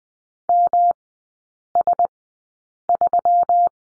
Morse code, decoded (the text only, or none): MS3